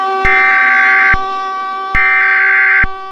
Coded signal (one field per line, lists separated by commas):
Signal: Emergency Alert System (SAME) tones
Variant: header bursts